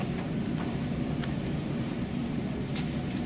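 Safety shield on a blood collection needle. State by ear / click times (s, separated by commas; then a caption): seated / 1.2 s. After withdrawing a blood-draw needle, the safety shield on the blood collection needle is pushed down over the needle against a surface, with the needle pointed away. A sharp click at 1.2 s marks the shield locking into place, engaging the safety, over a steady low rumbling background.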